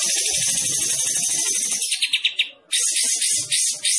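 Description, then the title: Bulbul pouring out a dense, high, rattling trill that breaks into quick pulsed notes, a momentary pause, then more buzzy chatter. Singing actively, described as gacor. "Kapas Tembak Gacor"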